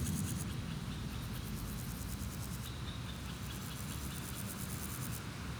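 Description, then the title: Grasshopper stridulation in rapid, high pulsed bursts, a longer one in the second half, over steady low traffic noise. Grasshoppers on a sunny day at Pins Noirs, Chaussée de Tervueren, Auderghem, Brussels, Belgium, with bikes, cars and tram 44; recorded with DPA 4060 microphones in AB position on a Zoom F3. "Chaussée de Tervueren, Pins Noirs, Auderghem, Bruxelles-Capitale, 1160, Belgique - Sauterelles - Grasshoppers"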